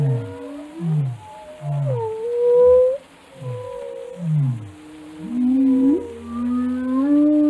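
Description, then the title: Whale calls: a run of quick downward-sweeping grunts, then longer wavering moans that rise and level off. "Whale Watching: A Close Encounter with the Giants of the Sea"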